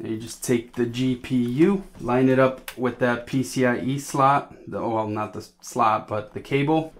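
Someone talks while a graphics card is lined up with the PCIe riser cable slot on a vertical bracket. Nothing has seated or clicked yet.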